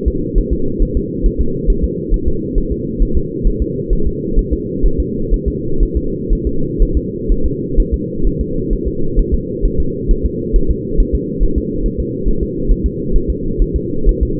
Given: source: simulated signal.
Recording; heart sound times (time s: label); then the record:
fetal heart sounds
0.08 s: S2
0.38 s: S1
0.53 s: S2
0.82 s: S1
0.97 s: S2
1.26 s: S1
1.41 s: S2
1.70 s: S1
1.84 s: S2
2.14 s: S1
2.28 s: S2
2.58 s: S1
2.72 s: S2
3.02 s: S1
3.17 s: S2
3.47 s: S1
3.62 s: S2
3.93 s: S1
4.07 s: S2
4.39 s: S1
4.53 s: S2
4.86 s: S1
5.00 s: S2
5.34 s: S1
5.48 s: S2
5.83 s: S1
5.97 s: S2
6.33 s: S1
6.47 s: S2
6.83 s: S1
6.97 s: S2
7.32 s: S1
7.46 s: S2
7.80 s: S1
7.94 s: S2
8.27 s: S1
8.41 s: S2
8.73 s: S1
8.88 s: S2
9.19 s: S1
9.34 s: S2
9.65 s: S1
9.80 s: S2
10.11 s: S1
10.26 s: S2
10.56 s: S1
10.71 s: S2
11.00 s: S1
11.15 s: S2
11.43 s: S1
11.58 s: S2
11.86 s: S1
12.00 s: S2
12.28 s: S1
12.43 s: S2
12.72 s: S1
12.86 s: S2
13.16 s: S1
13.30 s: S2
13.62 s: S1
13.76 s: S2
14.09 s: S1
14.23 s: S2
From the record:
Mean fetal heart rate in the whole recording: 130 bpm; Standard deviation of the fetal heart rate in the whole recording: 4 bpm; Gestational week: 38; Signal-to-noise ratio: -8.1 dB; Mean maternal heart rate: 72 bpm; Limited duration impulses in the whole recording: present